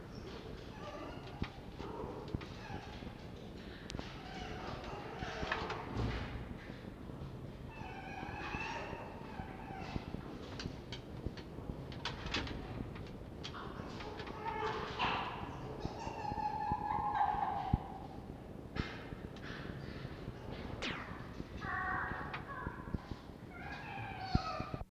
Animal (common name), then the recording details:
Red Fox. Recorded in captivity. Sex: male. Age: adult. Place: Zoologisches Institut der HUB, Berlin, DE. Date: 1952-03-26 18:50. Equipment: Elmetra. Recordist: Tembrock, Günter